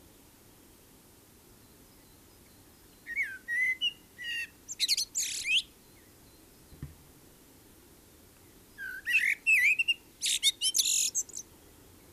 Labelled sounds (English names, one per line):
Common Blackbird song